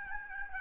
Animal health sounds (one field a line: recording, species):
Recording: mosquito wingbeat signal from an infrared sensor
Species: Aedes albopictus